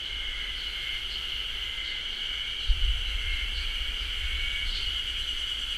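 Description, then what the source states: Ezo haru cicada chorus, a steady high buzzing drone with pulsing beats, with a deep, rumbling thud midway that fades over a couple of seconds. Chorus of many cicadas in beech forest, Japan; thunder-like boom apparently from a Self-Defense Force training range; recorded on ZOOM H6.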